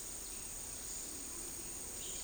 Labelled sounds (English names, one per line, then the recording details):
none
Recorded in dense forest near Puerto Asís, Putumayo, Colombia, on 18 February 2024 at 13:00
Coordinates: 0.481, -76.318
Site G6421